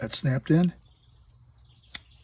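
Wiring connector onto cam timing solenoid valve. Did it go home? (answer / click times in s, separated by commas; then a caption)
yes / 1.9 s. A wiring connector is pushed onto a variable timing control solenoid valve on a Chevy Malibu. Someone talks briefly, followed by a quiet pause with faint background noise. The connector snaps home with a sharp click at 1.9 s, seating in place.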